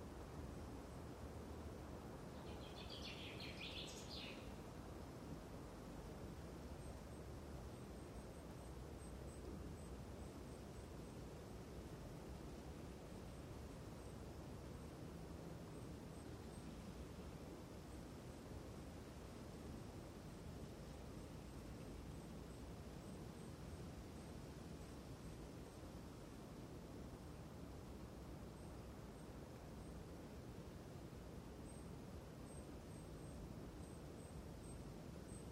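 Wind blows steadily in a dense low rumble, with a brief bright chirp near four seconds and faint high ticks throughout.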